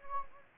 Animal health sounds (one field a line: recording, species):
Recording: mosquito wingbeat signal from an infrared sensor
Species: Anopheles gambiae